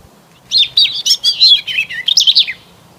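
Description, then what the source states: Bird song, one brisk phrase of bright, tumbling high chirps lasting about two seconds, finishing in a falling note. Birds singing on an early spring morning.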